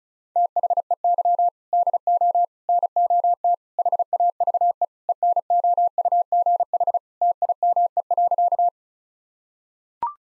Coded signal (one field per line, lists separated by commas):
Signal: Morse code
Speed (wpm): 35 wpm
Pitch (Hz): 700 Hz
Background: none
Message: THEY DO NOT HAVE ENOUGH TIME.